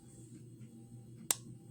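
A vintage metal compact is closed, and its lid clasp snaps into the catch on the compact body with one sharp click at 1.3 s. The clasp is seated, with only a low steady background hum around it.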